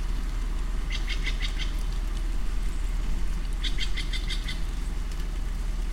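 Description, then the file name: Steller's jay giving two rapid series of grating notes, each about six notes long, with a constant low rumble throughout. Recorded on 30 September 2008. "20080930 stellersjay"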